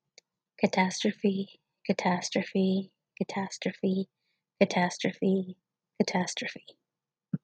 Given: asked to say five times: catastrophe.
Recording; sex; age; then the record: repeated word; female; 40 to 49 years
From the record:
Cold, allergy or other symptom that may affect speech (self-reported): no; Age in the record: 41 years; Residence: California, United States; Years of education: 17